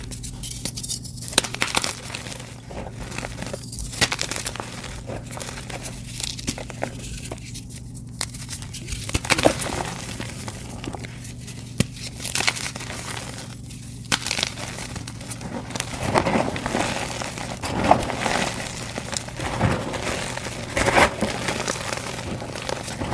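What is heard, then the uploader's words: Crispy dyed gym chalk dipped in paste crumbles and crinkles in dense, uneven bursts, with brief pauses and a steady low hum underneath. 8 blocks of crispy dyed gym chalk dipped in dusty Bon Ami paste.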